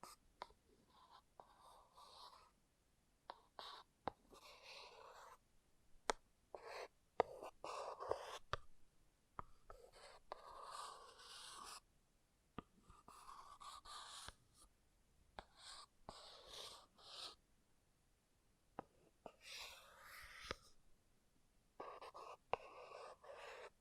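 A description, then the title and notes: Object scratching in repeated bursts, each lasting one to two seconds, separated by short pauses across the whole recording. The strokes sound raspy and fairly bright, with sharp clicks and taps scattered between them, some quite loud. ASMR Brain Melting Object Scratching (No Talking).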